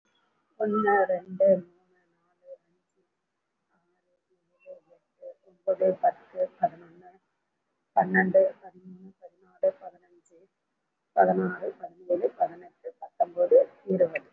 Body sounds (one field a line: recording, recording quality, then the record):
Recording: counting at a normal pace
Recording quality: excellent, no background noise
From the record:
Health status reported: recovered from COVID-19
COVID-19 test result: positive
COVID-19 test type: RT-PCR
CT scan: taken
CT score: 2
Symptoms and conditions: cough, cold, breathing difficulty, sore throat, fatigue, muscle pain, asthma, another respiratory illness, hypertension, diabetes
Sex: female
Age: 49 years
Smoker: no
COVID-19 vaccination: both doses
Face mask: worn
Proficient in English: no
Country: India